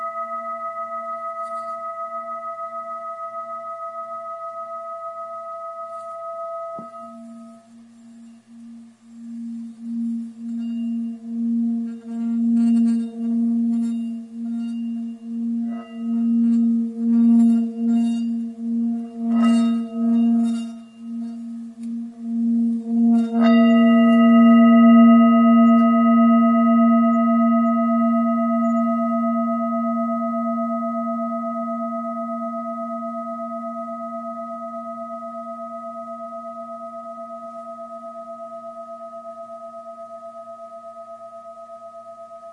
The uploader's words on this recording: Handmade 3 metals tibetan singing bowl. Weight: between 1100 and 1200 grams.